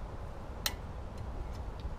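During a front brake job on a Ford F-150, a new metal brake pad abutment clip from the brake hardware kit is pressed onto the caliper bracket. A single sharp, bright snap at 0.7 s stands out over a steady low rumble, followed by a few faint, softer ticks. The clip is seated in place.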